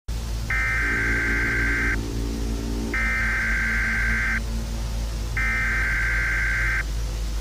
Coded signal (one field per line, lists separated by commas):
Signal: Emergency Alert System (SAME) tones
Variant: header bursts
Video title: EAS Scenario - RUN.